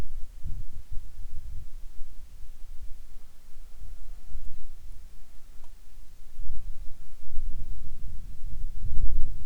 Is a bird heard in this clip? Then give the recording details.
no. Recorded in the Arctic National Wildlife Refuge, Alaska, on 7 July 2019 at 18:42. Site 41